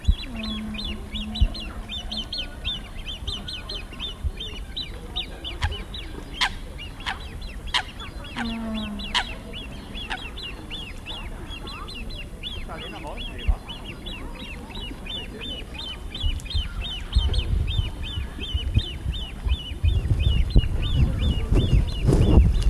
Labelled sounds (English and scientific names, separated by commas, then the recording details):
Great Crested Grebe (Podiceps cristatus) call
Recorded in the wild
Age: juvenile
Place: Liepnitzsee, Naturpark Barnim, Brandenburg, DE
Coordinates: 52.7489, 13.5111
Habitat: lake
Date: 1989-08-22 20:15
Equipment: Riporter 6 RG-K, Sennheiser MKH 416 T, Halbspur
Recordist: Frommolt, Karl-Heinz